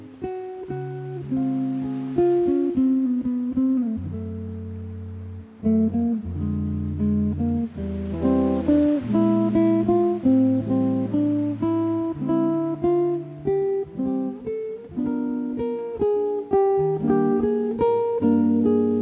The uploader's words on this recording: Guitar & Sea. Peace and freedom of beautiful seashore with laid back improvisation on classical guitar to sound of waves.